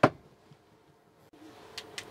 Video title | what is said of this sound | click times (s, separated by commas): Charlie & Me were asked to chat about our Gas Water & Hook Up set up in our Motorhome | and pull up that red knob that's there and you'll feel a click you'll hear it click | 0.0 s